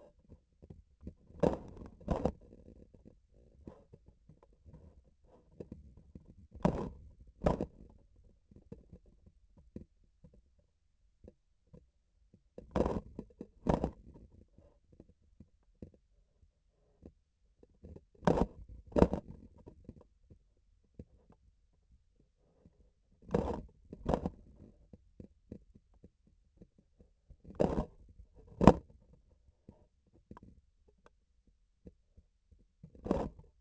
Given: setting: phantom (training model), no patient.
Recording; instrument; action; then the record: laparoscopic instrument, vibration sensor on the handle end; grasping forceps; opening and closing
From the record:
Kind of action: tool actuation without material contact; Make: other than Olympus